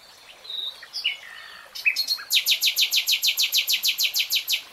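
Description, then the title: Nightingale song: a few varied whistles and chirps, then a loud, evenly spaced series of many repeated notes, steady and rhythmic. Singing; real-time recording. "[Tiếng chim hót] 3 Hours REALTIME Nightingale Singing"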